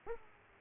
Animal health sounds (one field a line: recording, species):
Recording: mosquito wingbeat signal from an infrared sensor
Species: Aedes aegypti